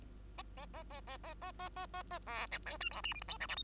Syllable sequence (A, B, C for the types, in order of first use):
A A A A A A A A A A A B C D E F G H I J K L M